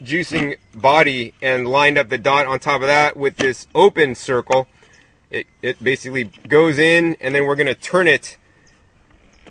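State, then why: Seated. A man talks while the plastic juicing body of a Hurom juicer, with its dot lined up to the open-circle mark, is set onto the motor base and turned toward the closed-circle mark. A short click at 9.5 s marks the juicing body locking into place on the base.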